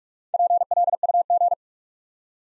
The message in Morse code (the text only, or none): PLUG